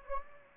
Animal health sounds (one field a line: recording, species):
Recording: mosquito wingbeat signal from an infrared sensor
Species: Anopheles gambiae